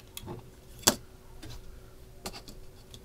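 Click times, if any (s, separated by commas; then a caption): 0.9 s. A plastic part is pressed onto the deck panel of a die-cast and ABS Star Trek Enterprise-D scale model after a wire is routed through it. It snaps into place with one sharp, bright click at 0.9 s, among fainter ticks near 0.2, 2.3 and 2.9 s. The part is seated.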